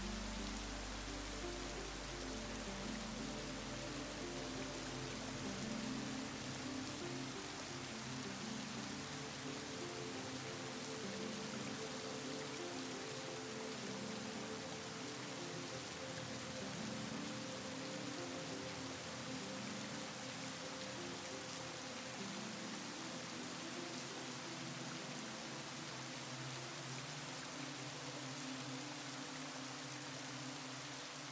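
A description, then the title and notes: Steady, dense rain hisses evenly across the whole recording, bright, with no pauses or separate drops standing out. Beneath it, soft sustained low tones hum along, shifting gently; a deep rumble present early fades out after about eight seconds. Perfect Blend of RAIN and MUSIC. Perfect blend of natural rain sounds and soft musical melodies. Delicate symphony of rain and music.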